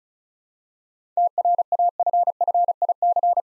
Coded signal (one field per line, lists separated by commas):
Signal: Morse code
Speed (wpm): 36 wpm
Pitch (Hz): 700 Hz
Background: none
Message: TRAFFIC